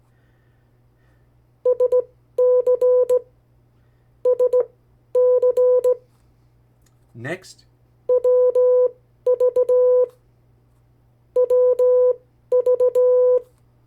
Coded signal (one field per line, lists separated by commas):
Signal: Morse code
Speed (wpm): 17 wpm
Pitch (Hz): 500 Hz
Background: speech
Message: SC SC WV WV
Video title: 50 State Abbreviations, Variable speeds, in CW Video #4